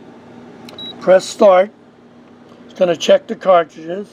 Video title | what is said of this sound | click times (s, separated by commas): Reset CISS For Epson XP420 XP320 XP424 | push lightly on that tab cuz it's got to lock in | 0.7 s